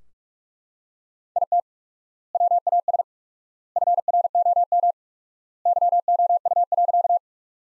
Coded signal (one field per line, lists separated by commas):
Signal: Morse code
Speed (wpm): 42 wpm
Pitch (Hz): 700 Hz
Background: none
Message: IT WAS FROM YOU.